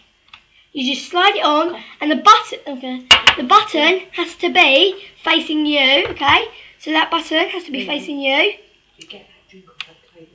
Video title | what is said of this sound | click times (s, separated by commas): Nerf gun Stampede | Alright, and when you hear it click, you've got it in, and then all you do is just press it, | 9.8 s